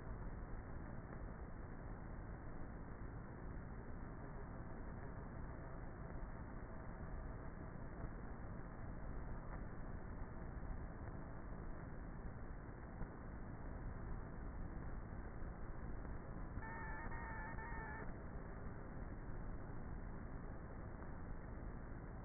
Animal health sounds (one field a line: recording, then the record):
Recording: honeybee colony, microphone inside the hive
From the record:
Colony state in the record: queenless with a low population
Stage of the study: before two queens were removed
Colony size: about 30,000 bees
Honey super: no